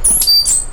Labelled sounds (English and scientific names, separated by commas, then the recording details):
Stitchbird (Notiomystis cincta) song
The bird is a male
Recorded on Tiritiri Matangi Island, New Zealand, in 2005
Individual 1, of nest box 1